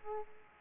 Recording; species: mosquito wingbeat signal from an infrared sensor; Aedes aegypti